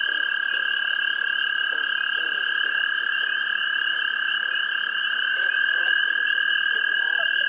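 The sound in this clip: Toad trilling in one long, unbroken, steady drone that holds the same pitch throughout.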